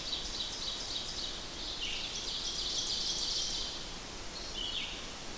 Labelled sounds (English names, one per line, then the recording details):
Ovenbird song
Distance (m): 40 m
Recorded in boreal forest in Alberta, Canada, on 8 June 2016 at 05:51
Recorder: SongMeter 3, array SBT-3-9
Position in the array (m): 108 m, 104 m
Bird 34